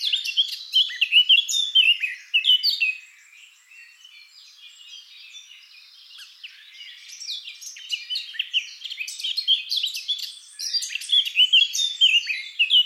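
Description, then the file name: Eurasian blackcap song: fast, varied scratchy warbling in bursts, loud for about three seconds, then quieter twittering before another lively burst near the end. "Sylvia atricapilla"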